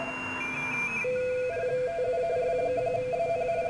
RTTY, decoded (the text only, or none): TU W1AN